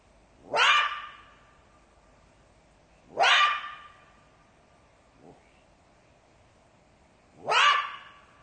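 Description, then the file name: Jackal yelps, three strong rising cries with sustained whiny endings spaced a few seconds apart, plus one faint short sound between them. "zvuki shakala"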